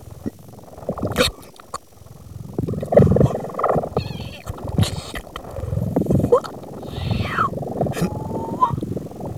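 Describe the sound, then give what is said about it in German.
An elephant trying to stifle a sneeze, heard one night in an old house: muffled, rumbling snorts and low growly bursts build up, then a squeaky, rising nasal whine breaks through before trailing off into snuffling. “Und dann eines Nachts hörte sie ein Geräusch, das genauso klang wie ein Elefant, der versuchte, ein Niesen zu unterdrücken.”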